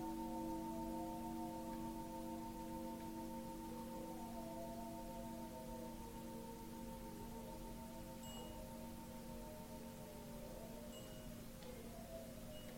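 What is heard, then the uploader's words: A Tibetan singing bowl rings in a long, steady drone, its layered tones holding throughout with a gentle wavering shimmer in the middle voices. Brief faint high pings appear around eight and eleven seconds, while a soft low rumble sits beneath. Tibetan Singiing Bowl.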